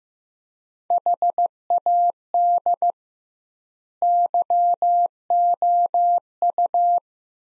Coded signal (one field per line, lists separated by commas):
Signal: Morse code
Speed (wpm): 15 wpm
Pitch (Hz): 700 Hz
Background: none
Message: HAD YOU